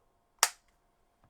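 A plastic guide comb is slotted onto the blade of a Hatteker RFC-690 hair clipper and snaps on with a single loud, sharp click at 0.4 s, followed by a brief decay. A faint tick follows at 1.2 s, and the comb is seated.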